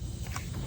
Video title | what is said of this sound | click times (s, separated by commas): How to replace engine oil cooler on 2018 dodge grand caravan 3.6 save $1500+ | much hover the injector right over it, push down until it clicks, | 0.4 s